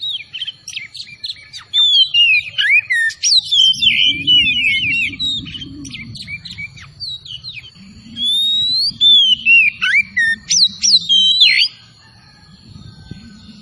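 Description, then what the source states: Oriental magpie-robin song of fast whistled phrases and twisting slurs, with a low rumbling noise under parts of the song. Kacer, singing vigorously (gacor); Tretes named with the bird.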